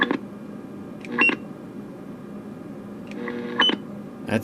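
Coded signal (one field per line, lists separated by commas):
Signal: roger beep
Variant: highest tone setting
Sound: two transmission endings, each a click, short high beep, and squelch burst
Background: radio static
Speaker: that's about as high as you can go with it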